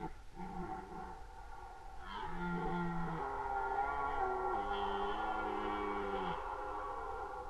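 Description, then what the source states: Red deer bellowing: a short, low call, then one long, sustained harmonic roar of about four seconds that steps down slightly in pitch before fading. Recorded during the rut in 2011.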